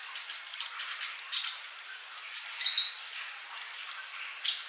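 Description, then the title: Bird singing in a few spaced bursts of high chirps and a short whistled phrase, with quiet stretches between. "Kicau Burung"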